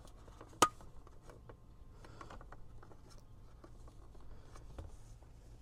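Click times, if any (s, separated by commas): 0.6 s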